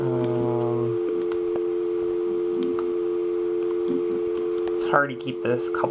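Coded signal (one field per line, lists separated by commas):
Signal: telephone call progress tone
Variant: North America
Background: speech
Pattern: dial tone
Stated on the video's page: Call progress tones on North American local coin lines: coin first (prepay), dial tone first, semi-dial tone first, postpay and semi-postpay, all local calls from a private switch.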